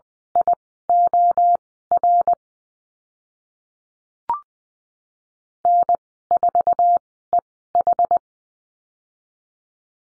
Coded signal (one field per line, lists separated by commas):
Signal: Morse code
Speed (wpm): 20 wpm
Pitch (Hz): 700 Hz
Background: none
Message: IOR N4EH